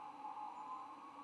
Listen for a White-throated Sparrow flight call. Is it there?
no